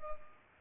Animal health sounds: mosquito wingbeat signal from an infrared sensor; Culex pipiens

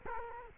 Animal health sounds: mosquito wingbeat signal from an infrared sensor; Culex quinquefasciatus

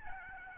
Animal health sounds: mosquito wingbeat signal from an infrared sensor; Aedes albopictus

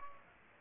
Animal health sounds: mosquito wingbeat signal from an infrared sensor; Aedes aegypti

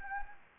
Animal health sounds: mosquito wingbeat signal from an infrared sensor; Anopheles gambiae

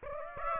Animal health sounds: mosquito wingbeat signal from an infrared sensor; Aedes aegypti

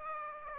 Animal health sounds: mosquito wingbeat signal from an infrared sensor; Aedes aegypti

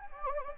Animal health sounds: mosquito wingbeat signal from an infrared sensor; Anopheles gambiae

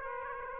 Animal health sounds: mosquito wingbeat signal from an infrared sensor; Aedes aegypti

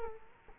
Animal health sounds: mosquito wingbeat signal from an infrared sensor; Culex quinquefasciatus

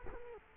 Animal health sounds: mosquito wingbeat signal from an infrared sensor; Culex quinquefasciatus

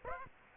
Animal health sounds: mosquito wingbeat signal from an infrared sensor; Aedes aegypti

